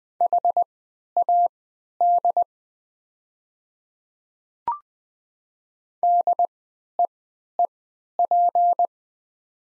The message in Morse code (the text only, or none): HAD DEEP